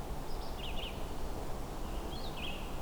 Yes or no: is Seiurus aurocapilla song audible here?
no